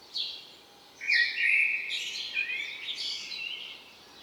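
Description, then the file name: Common blackbird calls: one short high note, then a sustained, loud twittering run lasting about three seconds, with the notes sliding up and down. "Turdus merula"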